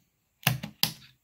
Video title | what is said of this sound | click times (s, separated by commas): Since Atari2600's First Ever Computer Build!!! | you go you can hear that click as the arm closes on its own that's all you need to do there | 0.8 s